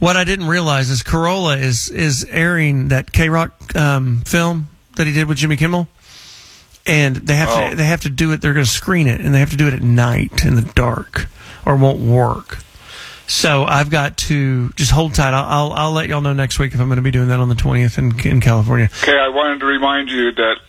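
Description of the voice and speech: An adult male radio host speaks clearly and fluently in a relaxed, conversational style, with only ordinary small repeats.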